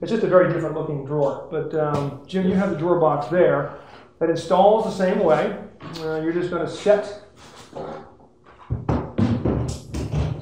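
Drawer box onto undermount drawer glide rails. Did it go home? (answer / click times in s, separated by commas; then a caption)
yes / 8.9 s. Someone talks while a drawer box is set on extended Blum Tandem undermount drawer glide rails and pushed in. At 8.9 s the locking devices snap onto the box with a sharp click, followed by a few softer knocks. The drawer is seated and locked in place.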